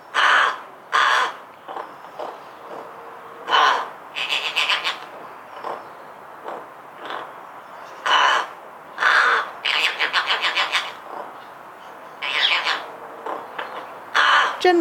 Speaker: One of the most delightful things I learned about rooks this year is that they sometimes chatter to themselves.